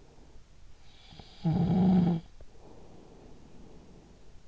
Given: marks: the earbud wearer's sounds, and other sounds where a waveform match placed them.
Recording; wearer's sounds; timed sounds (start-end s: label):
sounds in sleep by an in-ear microphone; snoring breath
0.66-4.48 s: snoring breath